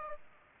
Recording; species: mosquito wingbeat signal from an infrared sensor; Aedes aegypti